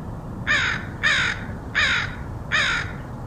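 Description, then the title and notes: Crow cawing four times, each caw hoarse and grating, in a fairly even series. Crows recorded in Portland, Oregon, in August 2003. "Crows of Portland. Crows recorded by Dan Bodah in Portland, OR, August 2003"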